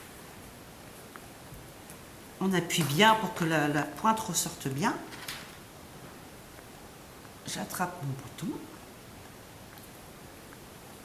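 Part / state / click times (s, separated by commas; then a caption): snap button pressed onto fabric / not seated / none. A snap button is picked up and positioned on the fabric in the tool, ready to be pressed hard onto it, while someone talks. Small handling taps and rustles come at about 1.2 s, 1.9 s and 5.3 s. The press has not happened yet, so nothing has clicked or seated.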